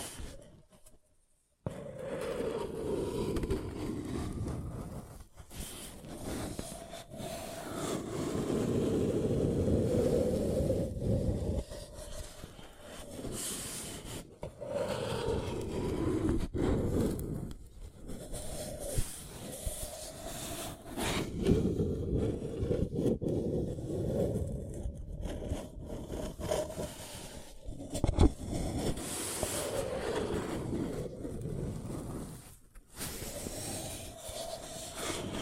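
A paper cup is rubbed and scratched almost without pause, producing a dense, low, rumbling scrape with sharp crinkly ticks on top. Brief gaps break the handling near the start and around 5, 12, 15 and 33 seconds before it resumes.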